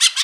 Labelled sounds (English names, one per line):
Brown-throated Parakeet contact call